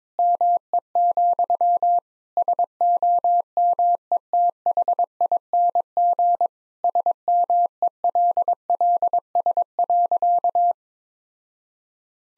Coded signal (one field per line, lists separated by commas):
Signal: Morse code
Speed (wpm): 22 wpm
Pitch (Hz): 700 Hz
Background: none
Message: ME, SOMETHING SMELLS.